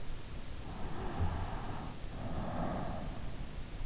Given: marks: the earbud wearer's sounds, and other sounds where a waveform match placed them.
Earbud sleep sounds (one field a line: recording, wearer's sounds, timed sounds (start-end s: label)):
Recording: sounds in sleep by an in-ear microphone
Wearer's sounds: breath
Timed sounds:
0.44-3.42 s: breath